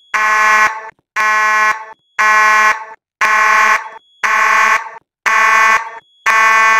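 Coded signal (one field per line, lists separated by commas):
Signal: alarm pattern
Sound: buzzy fire alarm horn blasting in steady pulses, seven blasts heard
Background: small room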